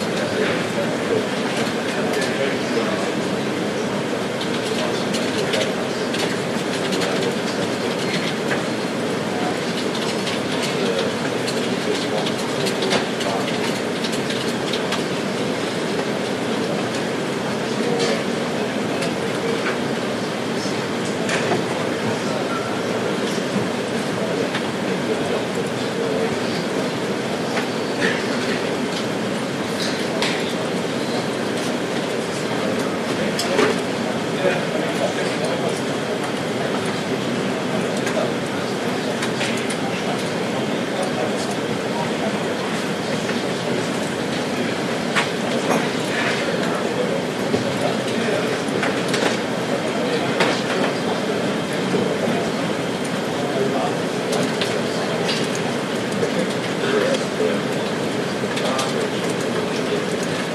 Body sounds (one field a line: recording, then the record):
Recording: background sound without coughing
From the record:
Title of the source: Office Sounds Ambience - Background Noise for Study and Work